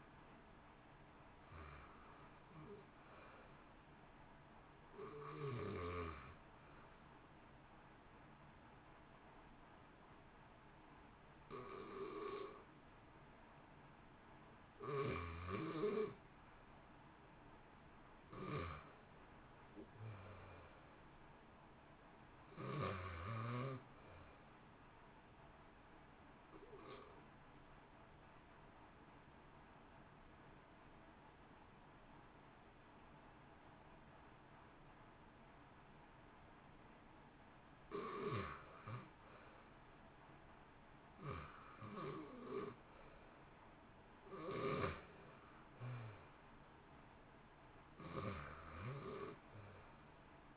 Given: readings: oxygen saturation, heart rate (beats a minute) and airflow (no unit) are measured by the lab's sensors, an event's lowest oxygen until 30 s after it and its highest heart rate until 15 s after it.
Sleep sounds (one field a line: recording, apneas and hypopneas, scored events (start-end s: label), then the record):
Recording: breathing in sleep by a voice recorder at the bedside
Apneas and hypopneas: 1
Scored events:
9.00-21.50 s: hypopnea (REM, oxygen 89% highest, then 86% lowest, heart rate 61 at the start, 66 highest)
From the record:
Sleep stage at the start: REM sleep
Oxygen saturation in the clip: 84 to 89%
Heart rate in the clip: 59 to 67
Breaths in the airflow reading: 16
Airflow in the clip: -1.2 to 1.8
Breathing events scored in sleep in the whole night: 328 in 6.3 hours asleep